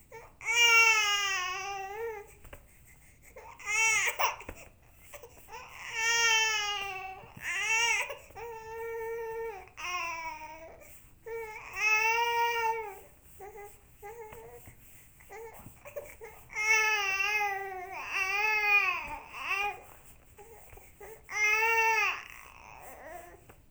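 A baby cries in repeated high-pitched bursts, each one to two seconds long, with brief pauses and softer whimpers between them. The tone is strong and rises and falls in an ordinary crying bout.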